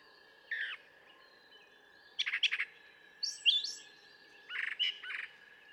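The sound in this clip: Brown thrasher song: a few separated phrases, harsh buzzy bursts and a whistled figure, soft against a steady background hiss.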